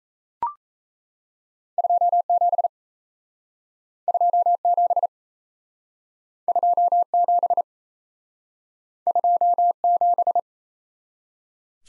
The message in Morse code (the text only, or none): 27 27 27 27